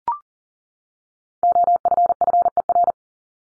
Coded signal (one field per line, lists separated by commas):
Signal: Morse code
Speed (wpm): 40 wpm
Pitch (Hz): 700 Hz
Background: none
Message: OFFER